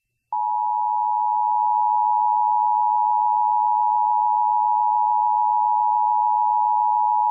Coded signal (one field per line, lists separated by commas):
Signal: Emergency Alert System (SAME) tones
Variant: 853 and 960 Hz attention tone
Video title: Kentucky EAS Alert: Child Abduction Emergency (Amber Alert) 08/24/2023